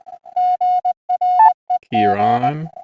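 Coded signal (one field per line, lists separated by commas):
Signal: Morse code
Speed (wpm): 20 wpm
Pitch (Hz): 720 Hz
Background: speech, music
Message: GREG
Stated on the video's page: Slow speed Morse test transmission.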